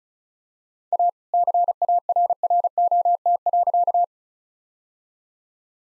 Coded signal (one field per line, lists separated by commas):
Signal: Morse code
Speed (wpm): 34 wpm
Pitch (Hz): 700 Hz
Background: none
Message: A CARROT.